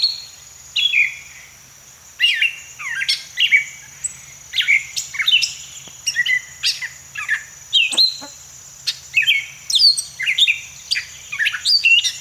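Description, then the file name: Gray catbird song of many quick, varied squeaky and slurred notes strung together with only short breaks, with a faint steady high-pitched drone. "Gray Catbird - Dumetella carolinensis"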